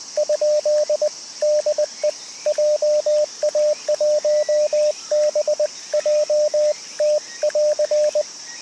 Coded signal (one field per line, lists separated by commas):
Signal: Morse code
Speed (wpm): 24 wpm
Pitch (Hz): 590 Hz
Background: radio noise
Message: ? DE JA1BJT <AR>